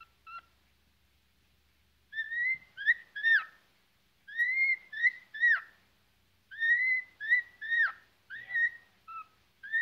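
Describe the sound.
Cockatiel whistling: clear upslurred and downslurred notes strung into quick phrases, pausing briefly, then repeated in a similar sequence.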